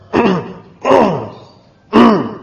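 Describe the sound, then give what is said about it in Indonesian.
A man clears his throat three times in a row, each a short voiced 'ahem' with a falling pitch, spaced about a second apart with silence between. “Ya, berdehem.”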